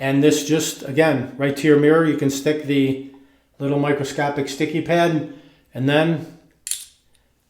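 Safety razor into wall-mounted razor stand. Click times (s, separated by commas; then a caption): 6.7 s. An aluminum safety razor is set into its aluminum stand, which is held to a mirror by a small sticky suction pad, while someone talks. The talking stops, and then a sharp metallic clack at 6.7 s marks the razor snapping in and locking in place, so it will not fall out.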